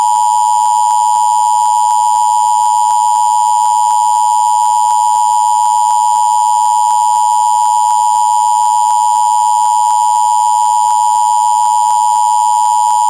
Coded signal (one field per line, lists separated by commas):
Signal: Emergency Alert System (SAME) tones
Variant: 853 and 960 Hz attention tone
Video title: Required Monthly Test #1